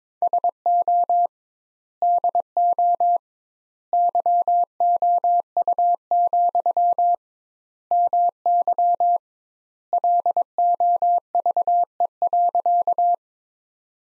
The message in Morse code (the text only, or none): SO DO YOU, MY LOVE.